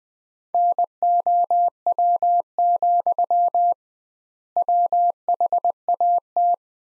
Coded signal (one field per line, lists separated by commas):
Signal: Morse code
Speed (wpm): 20 wpm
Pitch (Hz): 700 Hz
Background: none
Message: NOW, WHAT